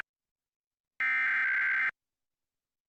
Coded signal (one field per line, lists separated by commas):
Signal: Emergency Alert System (SAME) tones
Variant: header bursts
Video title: Arizona Required Monthly Test (EAS #734-736) 8/9/23